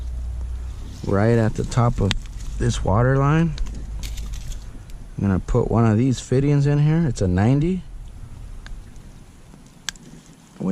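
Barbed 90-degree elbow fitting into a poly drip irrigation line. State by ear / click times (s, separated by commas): seated / 9.9 s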